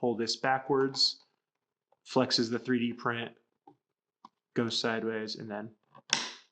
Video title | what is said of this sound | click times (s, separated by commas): Work Bench Paper Cutter & Sketch Process | snaps back in so that's my little toolless system for how this thing works um | 6.1 s